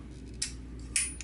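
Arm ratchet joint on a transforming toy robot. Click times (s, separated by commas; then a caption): 0.4 s, 1.0 s. The plastic arms of a transforming toy robot are popped out until their ratchet joints click into position, two clicks forward for each arm. Two sharp ratchet clicks land at 0.4 s and 1.0 s, with a faint tick near 1.2 s, over a quiet low hum. The arms seat in place.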